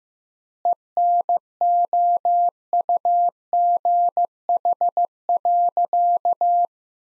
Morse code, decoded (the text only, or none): ENOUGH.